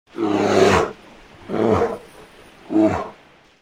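Bear giving deep, harmonic growling roars, three in a row about a second apart, the first longest and each later one shorter, with a quiet background.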